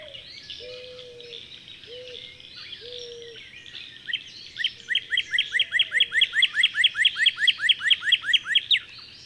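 Bird song: mixed twittering and low whistled notes, then a fast series of rising chirps that builds louder.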